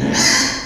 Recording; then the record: squeal of a Yucatan mini pig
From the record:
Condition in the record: before surgery on the right vocal fold (resection and tissue-engineered implant); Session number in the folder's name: 2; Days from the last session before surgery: 0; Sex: male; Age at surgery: 12 weeks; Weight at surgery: 13 kg